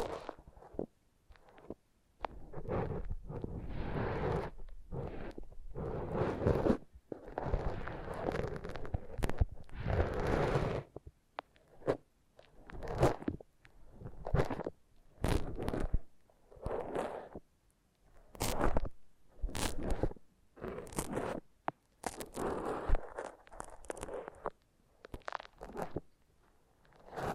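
Foam being massaged and squeezed, giving crunchy, scratchy rubbing sounds that run in long stretches at first, then break into shorter bursts with pauses.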